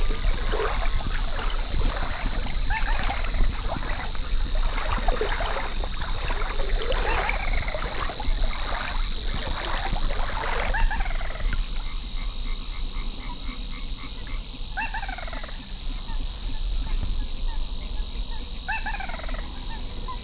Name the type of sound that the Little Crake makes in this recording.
call